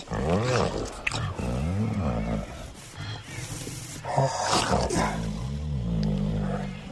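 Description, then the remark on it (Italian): A man's voice imitates the mating roar a male tiger makes before copulation, producing deep, rumbling growls and moaning roars in several strong, drawn-out bursts with brief breaks between them. “Ma come, appena riprodotto il verso della tigre maschio in amore prima della copula?”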